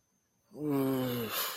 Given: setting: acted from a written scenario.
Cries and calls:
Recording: vocal sound without words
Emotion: guilt

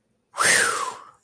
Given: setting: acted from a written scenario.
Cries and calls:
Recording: vocal sound without words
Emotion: contentment

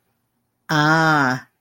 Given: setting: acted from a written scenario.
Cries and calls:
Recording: vocal sound without words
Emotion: realization

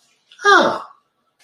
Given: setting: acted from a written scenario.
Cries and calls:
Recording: vocal sound without words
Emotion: positive surprise

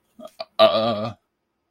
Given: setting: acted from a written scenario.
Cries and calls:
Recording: vocal sound without words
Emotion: fear

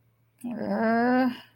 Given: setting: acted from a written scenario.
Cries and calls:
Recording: vocal sound without words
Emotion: embarrassment

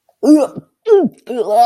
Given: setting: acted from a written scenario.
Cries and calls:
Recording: vocal sound without words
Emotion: disgust

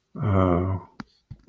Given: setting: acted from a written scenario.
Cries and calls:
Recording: vocal sound without words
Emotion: guilt

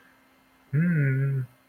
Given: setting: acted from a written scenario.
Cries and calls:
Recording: vocal sound without words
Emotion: romantic love

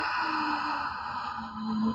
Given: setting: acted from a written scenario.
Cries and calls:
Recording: vocal sound without words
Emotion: awe

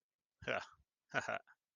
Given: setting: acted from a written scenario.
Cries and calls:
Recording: vocal sound without words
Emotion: serenity

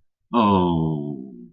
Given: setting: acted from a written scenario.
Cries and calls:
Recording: vocal sound without words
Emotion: sympathy

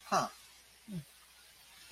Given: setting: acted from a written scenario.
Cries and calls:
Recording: vocal sound without words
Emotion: neutral

